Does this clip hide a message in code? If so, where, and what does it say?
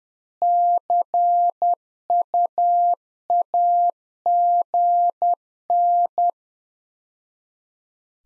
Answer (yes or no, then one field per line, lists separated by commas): yes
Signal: Morse code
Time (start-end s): 0.4-6.3 s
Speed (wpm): 10 wpm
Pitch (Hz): 700 Hz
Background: none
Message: CUAGN